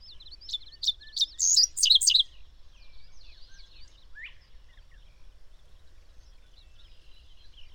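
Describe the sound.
Bird song: a brief burst of sharp, high chirps and twittering notes over about two seconds, followed by quieter scattered chirps.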